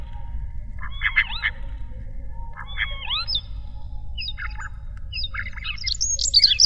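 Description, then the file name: Common starling singing scattered short phrases of squeaky, slurred whistles and chatter, becoming busier and higher toward the end, with a low hum beneath. Variation 3. "jalak-eropa-variasi-3"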